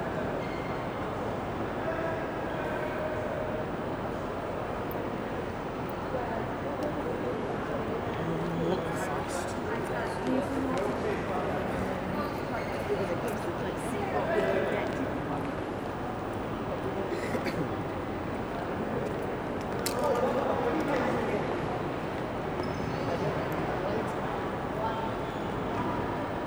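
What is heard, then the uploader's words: Steady crowd murmur fills a busy station hall, many voices blending into a dense, even din. Brief clicks and clatters cut through now and then, with slightly louder moments near 14 and 20 seconds, while a low rail rumble sits underneath throughout. Central Station is my favourite musical instrument.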